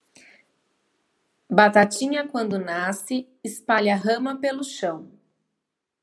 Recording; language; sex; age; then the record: short text; Brazilian Portuguese; female; 40 to 49 years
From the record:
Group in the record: control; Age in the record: 40 years